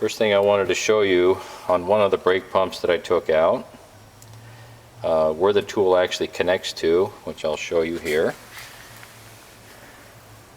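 A removal tool is handled with a brake pump that has been taken out. Someone talks through most of the clip, with quieter stretches and a few faint sharp ticks near 4.2 s, 9.0 s and 10.6 s. Nothing has locked or seated yet.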